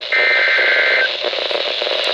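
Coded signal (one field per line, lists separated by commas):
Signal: Emergency Alert System (SAME) tones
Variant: header bursts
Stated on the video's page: Severe thunderstorm warning SAME tones from NOAA weather radio station in Baraboo, Wisconsin.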